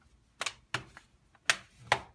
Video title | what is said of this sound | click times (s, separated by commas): Akai MPC Element / Fly Thick Fat Pads Installation - MPCstuff.com | you'll feel it kind of click back into place. | 0.7 s, 1.5 s, 1.9 s